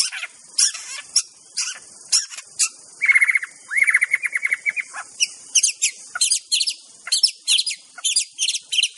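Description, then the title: White-rumped shama in full song: dense, energetic bursts of sharp notes and rapid buzzy trills, continuing without long breaks, over a steady high hiss. Wild bird singing in forest. "Kicau Asli Murai Batu Hutan"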